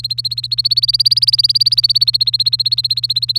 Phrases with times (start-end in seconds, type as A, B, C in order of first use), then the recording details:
0.00-3.38 A. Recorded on 3 May 2018 at 08:38. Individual llb3